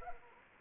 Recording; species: mosquito wingbeat signal from an infrared sensor; Anopheles arabiensis